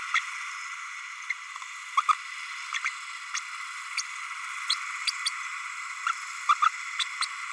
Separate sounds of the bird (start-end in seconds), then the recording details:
0.14-0.19, 1.29-1.33, 1.97-2.01, 2.84-2.90, 3.36-3.39, 3.97-4.02, 4.69-4.75, 5.07-5.11, 5.26-5.29, 6.06-6.12, 6.49-6.54, 6.62-6.69, 6.99-7.04, 7.22-7.25. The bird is a male. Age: 30 days. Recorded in a nest box in Venezuela. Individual 17B32A6